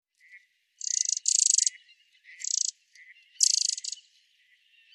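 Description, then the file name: Eurasian wren calling with harsh, pulsed churring bursts, three rattles over five seconds, some doubled, with soft lower chirps in between. "Troglodytes troglodytes"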